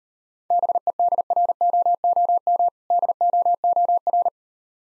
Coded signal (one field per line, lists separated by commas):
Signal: Morse code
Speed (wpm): 38 wpm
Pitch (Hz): 700 Hz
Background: none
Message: BEDROOM DOOR